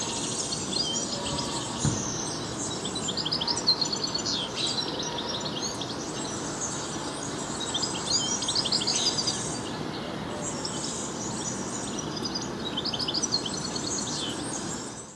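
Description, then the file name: European goldfinch twittering calls, bursts of liquid, tinkling chirps in clusters, over steady background noise. "Carduelis carduelis"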